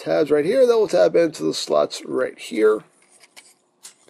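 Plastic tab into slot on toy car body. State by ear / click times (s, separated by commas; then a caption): partly seated / 3.8 s. Someone talks while pushing the plastic tabs of a Transformers Masterpiece MP-25 Tracks robot toy into the slots on its car body, and a short, faint click is heard at 3.9 s. The tab does not lock in securely, so it is not fully home.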